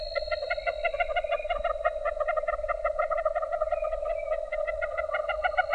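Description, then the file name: Nightjar churr, continuous mechanical purring trill overlaid by several rapid pulsed series running together, steady throughout with a soft low background hum. "LENI 3 deviche"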